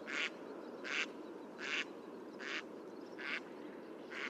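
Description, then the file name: Mallard quacks, six broad nasal calls spaced under a second apart at a steady pace, over a constant low background hiss. "mallard duck sound"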